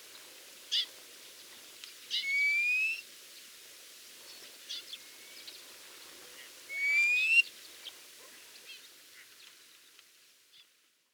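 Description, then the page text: Thick-billed lark singing two drawn-out rising whistles with buzzy overtones, about five seconds apart, with a few soft chips and low background hiss. "Thick-Billed Lark Song. Quick Sounds"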